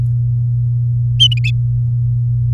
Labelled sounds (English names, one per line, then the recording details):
Domestic Canary song
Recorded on 3 May 2018 at 17:05
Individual llb16